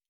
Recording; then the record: hydrophone in a shrimp aquaculture tank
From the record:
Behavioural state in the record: normal